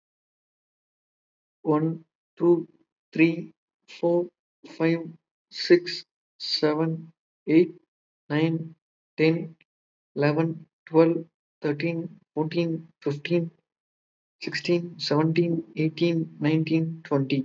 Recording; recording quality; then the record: counting at a normal pace; excellent, no background noise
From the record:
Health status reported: COVID-19 positive, mild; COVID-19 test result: positive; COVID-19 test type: RT-PCR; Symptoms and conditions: cough, cold, muscle pain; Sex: male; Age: 25 years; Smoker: no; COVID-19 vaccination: both doses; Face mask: worn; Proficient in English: yes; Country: India